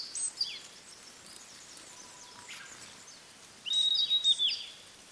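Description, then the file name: Blue-and-white flycatcher song, a couple of high whistled notes, a quiet gap, then a loud run of bright level whistles. "oruri"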